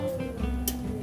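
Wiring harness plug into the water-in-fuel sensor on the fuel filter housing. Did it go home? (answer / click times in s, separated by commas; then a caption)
yes / 0.7 s. A wiring harness connector is pushed back into the water-in-fuel sensor on the fuel filter/water separator housing of a 6.7L Cummins during an oil and fuel filter change. Over steady guitar music, one short, sharp click rings out at 0.7 s. The connector is confirmed seated and good to go.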